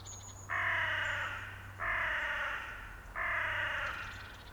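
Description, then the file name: Carrion crow calling: three long, harsh, rasping caws, each about a second long, one after another with short gaps. "Corvus corone"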